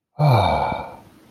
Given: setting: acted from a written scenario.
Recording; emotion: vocal sound without words; contentment